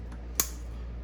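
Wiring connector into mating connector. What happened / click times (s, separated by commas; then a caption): The plastic connector clicked together / 0.4 s. A finished plastic wiring connector from a CE Auto Electric battery cable kit for a first-generation Cummins is pushed onto its mating connector half. A faint tick comes at 0.1 s, then one sharp click at 0.4 s as the connector seats and connects.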